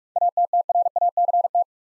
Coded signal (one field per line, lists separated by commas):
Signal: Morse code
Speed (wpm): 46 wpm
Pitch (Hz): 700 Hz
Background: none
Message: ATTRACT